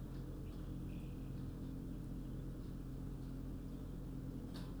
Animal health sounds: poultry house recording; healthy chickens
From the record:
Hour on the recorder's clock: 23

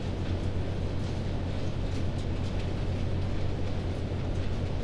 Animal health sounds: poultry house recording; no chicken sound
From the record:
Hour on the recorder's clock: 22

